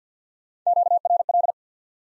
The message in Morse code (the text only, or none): QRL